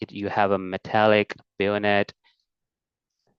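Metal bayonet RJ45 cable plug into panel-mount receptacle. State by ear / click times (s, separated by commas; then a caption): not seated / none. A rugged metal bayonet RJ45 cable plug is handled in front of its panel-mount receptacle while someone talks. Nothing has seated or clicked yet; the clip ends just before the plug goes home and locks.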